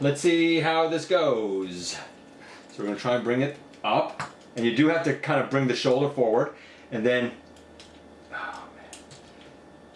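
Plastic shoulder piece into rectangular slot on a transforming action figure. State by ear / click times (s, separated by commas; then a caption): seated / 8.9 s. Someone talks while bringing the shoulder forward on a Transformers Studio Series 86 Springer transforming action figure, lining a plastic shoulder piece up with a small rectangular slot during transformation. A short, sharp snap is heard at 8.9 s as the piece seats in the slot, snapping in real tight.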